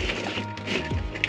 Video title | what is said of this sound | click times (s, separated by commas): We rented the Vanlife in Australia and IT WAS AMAZING 🤯 - Van Tour - Indie Campers | it's magnetic and it just clicks right in | 1.2 s